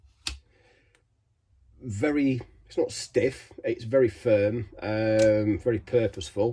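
The cocking lever of a Kral Mortal air rifle is cycled and brought back toward the action, firm and purposeful, with a short sharp tap near the start followed by someone talking. The clip ends just before the lever goes home, so nothing has seated or clicked into place yet.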